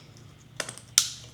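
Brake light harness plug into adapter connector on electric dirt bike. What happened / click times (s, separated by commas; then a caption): The wiring connector snapped into place / 1.0 s. The brake light wiring plug on a Surron Ultra Bee electric dirt bike is pushed into its mating plastic connector on the adapter harness. Softer plastic clacks at 0.6 and 0.7 s lead to a sharp, loud click at 1.0 s. The plug clicks in and is seated.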